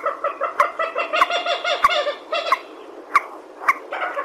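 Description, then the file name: Purple swamphen giving a quick series of clucking, nasal notes, with a few sharp clicks among them. "tieng trich re keu"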